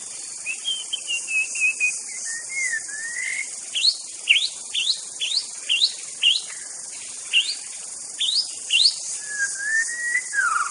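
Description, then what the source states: White-rumped shama song: a falling run of whistled notes, then a series of sharp upward-sweeping notes repeated about every half second, ending in a smooth rising-falling whistle. Wild bird from the forest.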